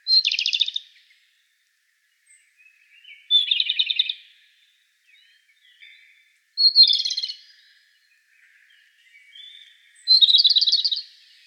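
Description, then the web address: Japanese robin singing four rapid trilled phrases spaced about three seconds apart. Recorded 15 April 2013. "birdenaga komadori 130415"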